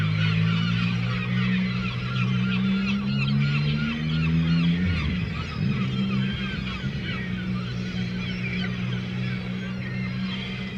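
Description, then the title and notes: Gulls keep up a constant chatter of short, harsh calls while motorcycle engines rumble, one shifting pitch midway. Seagulls at a harbour quay in Le Tréport, France, mixed with passing motorcycles; recorded with DPA 4060 microphones in AB position into a Zoom F3. "3 Quai des Paquebots, 76470 Le Tréport, France - Seagulls and motorcycles. Mouettes et motos"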